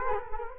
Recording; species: mosquito wingbeat signal from an infrared sensor; Culex quinquefasciatus